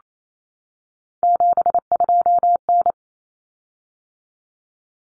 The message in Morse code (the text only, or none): 72N